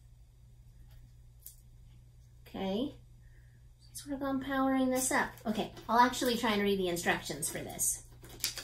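A watch band connector slides into the slot on a new smartwatch case and snaps in with a sharp click at 1.5 s, seating the band. Someone then talks over a low steady hum.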